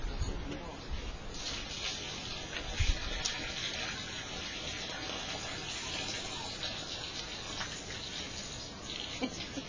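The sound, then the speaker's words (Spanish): Water swishes and trickles steadily as seeds are rinsed in a container to clean them during seed extraction, a continuous wet, splashy hiss with small bursts of sloshing throughout. “el agua lo usamos como vehículo para limpiarla más fácil”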